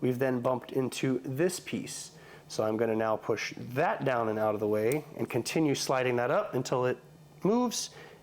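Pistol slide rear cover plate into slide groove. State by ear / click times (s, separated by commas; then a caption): not seated / none. A Glock Gen 3 pistol slide rear cover plate is being worked up into the slide's groove, with a punch used to push an internal piece down and out of the way. Someone talks throughout, and there are faint handling noises. The plate has not snapped in yet, and nothing has seated or clicked.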